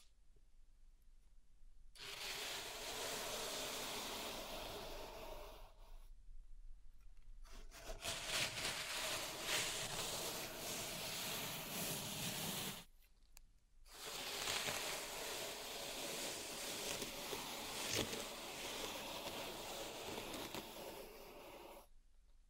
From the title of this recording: Pink Salt Zen Garden Triggers